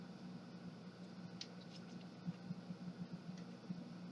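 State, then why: Not seated. A printer's plastic paper pickup roller is handled and pushed toward the printer's feed shaft against a steady low hum, with a few soft, faint knocks and rustles. Nothing has seated or clicked yet.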